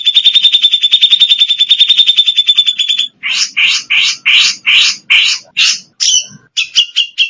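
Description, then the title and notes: Bird song: a rapid, even, high trill for three seconds, then a series of harsh, buzzy chattering notes. Indonesia. "Kicau Burung Indonesia"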